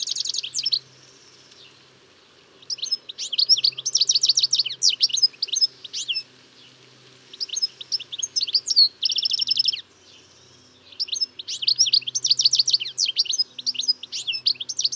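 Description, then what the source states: European goldfinch singing fast twittering bursts of bright, high chirps and trills, broken by brief silent gaps. Song of a male.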